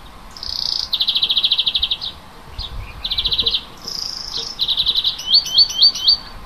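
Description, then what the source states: Bird singing: loud rapid trills and rattling phrases with a few higher whistled notes, separated by brief pauses. Native forest birds in March.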